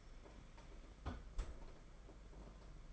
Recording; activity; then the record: daily activity, microphone in the room; close fridge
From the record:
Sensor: 5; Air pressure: 992.0 hPa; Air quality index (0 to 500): 200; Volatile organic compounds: 1000 ppm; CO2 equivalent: 5762 ppm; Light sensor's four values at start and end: 30/101/37/40 and 29/101/37/39